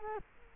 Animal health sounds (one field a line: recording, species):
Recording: mosquito wingbeat signal from an infrared sensor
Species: Culex quinquefasciatus